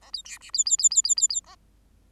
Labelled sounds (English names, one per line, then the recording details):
Bengalese Finch song
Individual Bird8